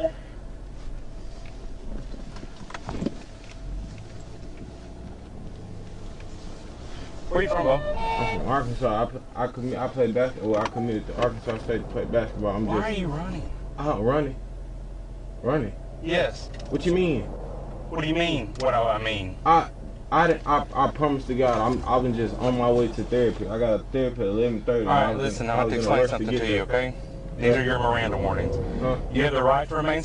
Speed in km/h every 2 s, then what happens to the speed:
0, 0, 8, 0, 0, 0, 0, 0, 0, 0, 0, 0, 0, 0, 0.
0-3 standing. 6-30 standing.